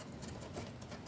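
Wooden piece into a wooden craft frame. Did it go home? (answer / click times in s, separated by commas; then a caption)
no / none. A wooden decorative piece that would not go in is being handled and pushed toward the slot of a wooden Easter craft frame. Only soft, continuous rustling and faint scraping are heard across the clip, with no sharp click. Nothing has seated or clicked yet.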